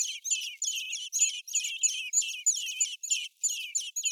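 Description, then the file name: Common blackbird giving loud, harsh chattering calls in quick bursts, each a cluster of scratchy high notes, with barely any pause between them. "Turdus merula"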